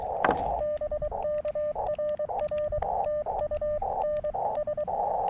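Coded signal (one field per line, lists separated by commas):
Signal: Morse code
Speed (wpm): 22 wpm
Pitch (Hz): 590 Hz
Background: radio noise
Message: BK RR TU NS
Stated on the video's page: Morse from a park activation with a portable transceiver and compact antenna attached to the radio; signals weaker.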